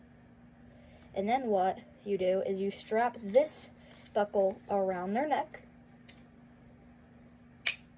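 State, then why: Seated. Someone talks while fastening the buckle strap around the neck of a pet harness worn by an animal. A faint tick comes at 6.1 s, then the plastic neck buckle snaps shut with a sharp click at 7.7 s, and the harness buckle is seated.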